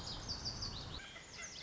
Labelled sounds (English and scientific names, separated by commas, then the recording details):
Lazuli Bunting (Passerina amoena)
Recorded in Sonoma County, California